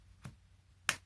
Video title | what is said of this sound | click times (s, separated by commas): Mary Blair Inspired Castles Project | make sure you hear that little click when you put the cap back on, so we know it's on there | 0.9 s